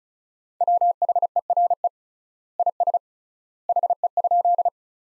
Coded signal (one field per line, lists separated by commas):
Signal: Morse code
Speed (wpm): 34 wpm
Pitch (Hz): 700 Hz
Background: none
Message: WHERE IS HE?